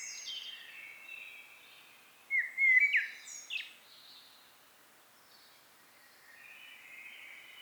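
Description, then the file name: Common blackbird with a single short warbled phrase in the middle, surrounded by faint high twittering. "Turdus merula"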